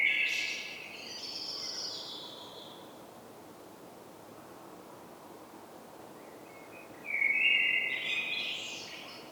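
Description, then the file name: Common blackbird singing two separate phrases. The first is fluty and ends in a thin, high twitter. A long quiet pause follows, then a second mellow whistled phrase begins. "Turdus merula"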